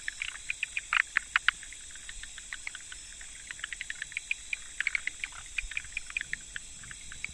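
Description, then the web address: Frog chorus of scattered crisp clicks, bunched at the start and near the end, with a steady high hiss running underneath. 25 October 2014. "frog rec 20141025"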